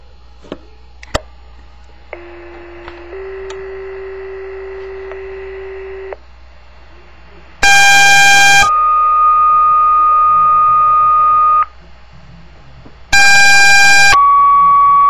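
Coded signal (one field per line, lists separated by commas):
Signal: two-tone page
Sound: two sequential page tones twice: a short buzzy tone then a long steady tone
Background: faint earlier tones, room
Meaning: Alert for the daily announcements to fire and rescue squad members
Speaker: that was the um minute or two um alerting for our daily announcements it was also the unit in um 350c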